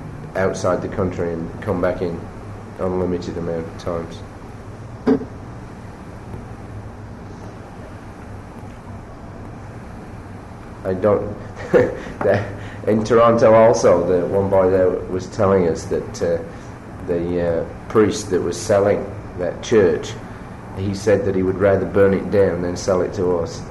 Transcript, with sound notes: outside the country and come back in unlimited amount of times. I don't... [laughs] In Toronto also, one boy there was telling us that the priest that was selling that church, he said that he would rather burn it down than sell it to us.